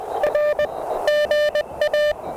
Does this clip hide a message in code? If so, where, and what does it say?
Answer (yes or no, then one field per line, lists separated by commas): yes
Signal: Morse code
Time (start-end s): 0.2-2.1 s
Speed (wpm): 18 wpm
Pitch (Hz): 610 Hz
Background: none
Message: R GA